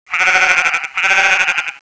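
Sheep bleating: two loud, wavering, nasal bleats, one after the other, with a brief gap between them.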